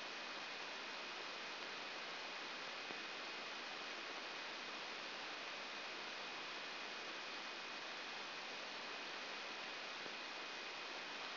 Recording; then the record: brain microelectrode recording played as sound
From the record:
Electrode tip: outside the subthalamic nucleus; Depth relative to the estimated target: -2 mm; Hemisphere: right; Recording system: AlphaMap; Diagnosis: Parkinson's disease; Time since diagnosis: 15 years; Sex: female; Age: 68 years